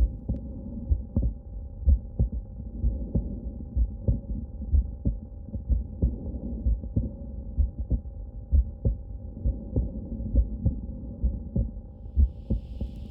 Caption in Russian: Маленький аудиотренинг чтобы научиться выявлять блокаду левой ножки пучка Гиса аускультативно. Блокада левой ножки может быть интермиттирующей.